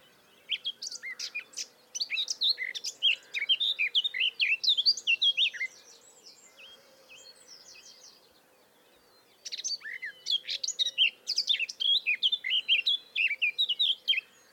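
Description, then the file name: Eurasian blackcap song: two bursts of rapid, varied warbling with sweeping and chattering notes, separated by a few seconds of quiet, over a faint steady low hum. "Sylvia atricapilla"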